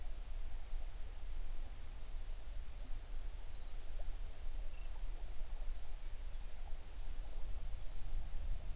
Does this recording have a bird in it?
yes